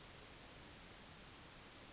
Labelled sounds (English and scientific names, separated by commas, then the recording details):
Yellowhammer (Emberiza citrinella) song
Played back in forest
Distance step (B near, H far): E
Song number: 048